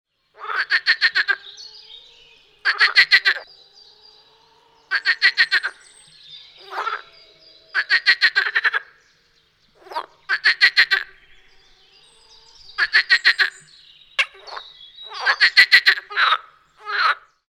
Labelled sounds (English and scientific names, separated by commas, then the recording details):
Marsh Frog (Pelophylax ridibundus)
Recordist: Frommolt, Karl-Heinz
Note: Einzelrufe